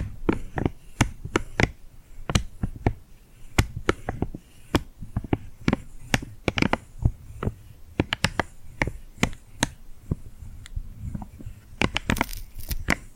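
Sticky, glued hands make a steady run of sharp, crisp clicks and tacky pops, coming irregularly a few times per second throughout. Each snap is brief and bright. A faint low hum sits quietly underneath, and a quick flurry of pops arrives near the end.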